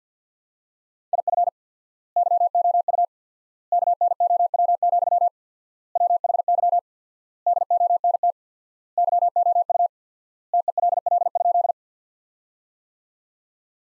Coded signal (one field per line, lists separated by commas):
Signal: Morse code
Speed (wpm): 50 wpm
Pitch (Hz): 700 Hz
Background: none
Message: IF YOU KNOW, WHY DONT YOU TELL?